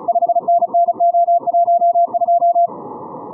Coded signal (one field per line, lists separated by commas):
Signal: Morse code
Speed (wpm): 37 wpm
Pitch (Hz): 690 Hz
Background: music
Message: 5NNO12